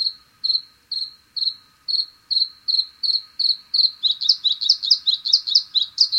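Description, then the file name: Bluethroat song: a series of high, clipped repeated notes, quickening slightly, breaking after about four seconds into a rapid run of varied phrases. "Gorgebleue-à-miroir-Luscinia-svecica"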